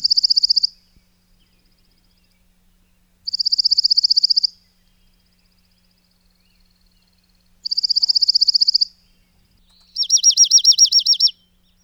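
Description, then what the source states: Dark-eyed junco trilled song: dry, even, high trills of about a second each, a few seconds apart, then a slower, wider-ranging trill at the end. Oregon junco form, as known on the Pacific Coast.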